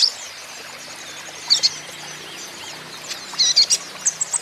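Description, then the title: Van Hasselt's sunbird song: high, thin, sharp chips and twitters, with a louder burst of rapid notes near the end over a steady hiss. Green-plumaged (ijoan) konin singing steadily and constantly (gacor), used as a lure and therapy for untrained konin, which are sure to answer. "KOLIBRI NINJA KONIN IJOAN GACOR COCOK UNTUK PANCINGAN TERAPI KONIN BAHAN PASTI NYAUT"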